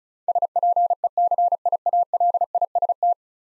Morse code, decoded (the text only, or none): SPECIALIST